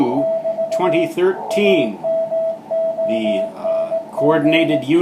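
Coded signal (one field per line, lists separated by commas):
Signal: Morse code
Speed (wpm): 18 wpm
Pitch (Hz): 660 Hz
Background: speech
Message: <BT> AMONG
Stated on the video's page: Band watch on 14 to 50 MHz with so-so conditions and a surprise on 24 MHz.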